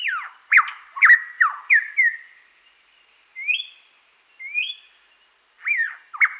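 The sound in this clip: Superb lyrebird song, a series of loud downslurred whistles with sharp clicks, a pause, two softer rising whistles, then two more twisting slurred notes.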